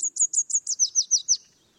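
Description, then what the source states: Red Warbler song: a rapid series of high, sweet chirped notes, each slurring downward, slightly lowering in pitch through the phrase. Endemic to Mexican highlands in humid pine, oak and fir forests; sings only on sunny mornings in the breeding season, February to May, not when cloudy.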